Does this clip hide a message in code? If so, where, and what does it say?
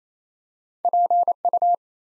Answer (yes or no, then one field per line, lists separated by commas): yes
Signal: Morse code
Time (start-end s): 0.8-1.7 s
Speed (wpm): 27 wpm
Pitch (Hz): 700 Hz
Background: none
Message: PU